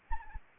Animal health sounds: mosquito wingbeat signal from an infrared sensor; Anopheles arabiensis

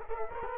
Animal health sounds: mosquito wingbeat signal from an infrared sensor; Culex quinquefasciatus

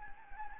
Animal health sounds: mosquito wingbeat signal from an infrared sensor; Anopheles gambiae

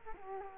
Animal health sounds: mosquito wingbeat signal from an infrared sensor; Culex quinquefasciatus

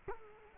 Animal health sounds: mosquito wingbeat signal from an infrared sensor; Culex quinquefasciatus

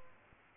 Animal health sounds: mosquito wingbeat signal from an infrared sensor; Aedes albopictus

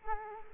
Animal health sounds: mosquito wingbeat signal from an infrared sensor; Culex quinquefasciatus

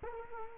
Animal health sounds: mosquito wingbeat signal from an infrared sensor; Culex quinquefasciatus

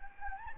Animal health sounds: mosquito wingbeat signal from an infrared sensor; Anopheles gambiae

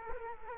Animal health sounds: mosquito wingbeat signal from an infrared sensor; Culex quinquefasciatus

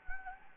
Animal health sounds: mosquito wingbeat signal from an infrared sensor; Anopheles gambiae

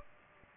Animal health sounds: mosquito wingbeat signal from an infrared sensor; Aedes aegypti

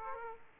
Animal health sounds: mosquito wingbeat signal from an infrared sensor; Aedes aegypti

